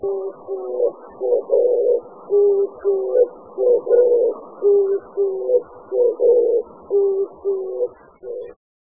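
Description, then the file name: Oriental turtle dove cooing, low hoarse phrases repeated steadily, short coos alternating with longer rough notes for about eight seconds. "kijibato"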